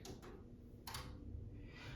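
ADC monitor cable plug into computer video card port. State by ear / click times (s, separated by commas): seated / 0.9 s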